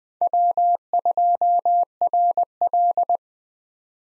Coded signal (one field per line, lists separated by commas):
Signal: Morse code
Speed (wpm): 20 wpm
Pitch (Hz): 700 Hz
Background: none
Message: W2RL